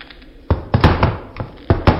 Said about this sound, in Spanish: He tropezado con una silla que había tirada aquí en medio.